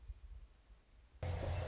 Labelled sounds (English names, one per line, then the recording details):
Anna's Hummingbird
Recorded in Sonoma County, California